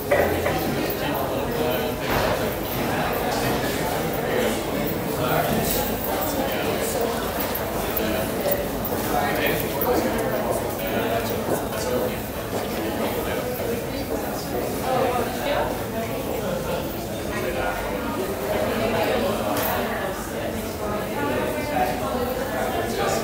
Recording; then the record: background sound without coughing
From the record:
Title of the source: 40 min - Ambience sounds UNIVERSITY lunchroom chatting